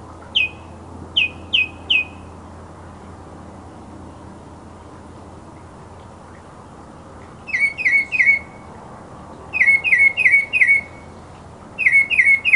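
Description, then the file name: Mockingbird song: short runs of a few clear, slurred chirps repeated with pauses between. Mockingbird song recording presented as masteran, a tutor recording for training songbirds. "suara masteran mockingbird"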